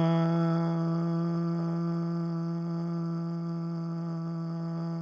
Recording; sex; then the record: sustained vowel /a/; male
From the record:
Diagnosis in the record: Parkinson's disease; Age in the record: 71 years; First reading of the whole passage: 62 s, 8.3 characters per second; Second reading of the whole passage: 53 s, 9.9 characters per second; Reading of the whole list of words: 66 s, 4.2 characters per second